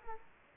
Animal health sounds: mosquito wingbeat signal from an infrared sensor; Culex quinquefasciatus

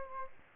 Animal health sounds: mosquito wingbeat signal from an infrared sensor; Aedes aegypti

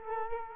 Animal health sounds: mosquito wingbeat signal from an infrared sensor; Culex quinquefasciatus

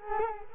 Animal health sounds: mosquito wingbeat signal from an infrared sensor; Culex quinquefasciatus

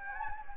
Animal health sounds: mosquito wingbeat signal from an infrared sensor; Anopheles gambiae

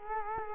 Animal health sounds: mosquito wingbeat signal from an infrared sensor; Culex quinquefasciatus

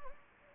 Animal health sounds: mosquito wingbeat signal from an infrared sensor; Anopheles gambiae

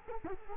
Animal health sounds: mosquito wingbeat signal from an infrared sensor; Culex quinquefasciatus

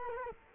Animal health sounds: mosquito wingbeat signal from an infrared sensor; Culex quinquefasciatus

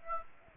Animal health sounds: mosquito wingbeat signal from an infrared sensor; Aedes aegypti

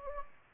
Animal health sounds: mosquito wingbeat signal from an infrared sensor; Anopheles gambiae

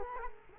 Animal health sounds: mosquito wingbeat signal from an infrared sensor; Culex quinquefasciatus

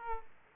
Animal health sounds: mosquito wingbeat signal from an infrared sensor; Aedes aegypti

